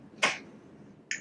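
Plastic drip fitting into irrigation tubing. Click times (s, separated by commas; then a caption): 1.1 s. A plastic drip fitting is pushed into irrigation tubing after the tube has been cut, and it snaps in and seats. A sharp broadband crack is heard at 0.2 seconds, followed by a quieter stretch. The fitting then gives a short, bright snap at 1.1 seconds, confirming it is in.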